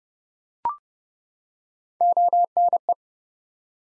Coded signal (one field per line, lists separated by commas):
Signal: Morse code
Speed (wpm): 28 wpm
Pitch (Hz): 700 Hz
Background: none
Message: ONE